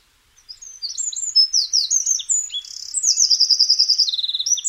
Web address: Sounds wren